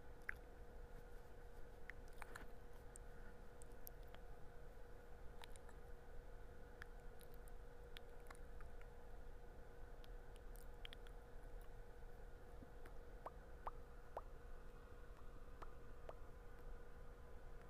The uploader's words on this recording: No talking (mouth sounds and tapping). There is going to be no talking only mouth sounds.